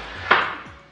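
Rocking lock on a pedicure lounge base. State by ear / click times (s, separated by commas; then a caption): seated / 0.3 s. A rocking lock is set in place on the base of a rocking spa pedicure lounge, the Breath Pedi Lounge by Touch America, so the lounge cannot rock when a client sits down. A single sharp hit is heard at 0.3 s as the lock engages, followed by a short ringing decay over a faint low hum. The lock seats and stabilizes the lounge.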